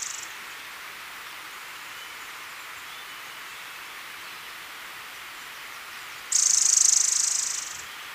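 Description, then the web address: White-sided flowerpiercer giving a single high, buzzy note near the end, after a long quiet stretch with steady background hiss. Recorded in Ecuador. "Birds of Ecuador. White-sided Flowerpiercer"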